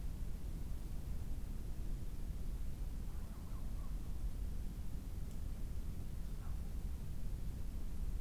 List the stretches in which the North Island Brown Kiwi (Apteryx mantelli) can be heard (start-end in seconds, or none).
none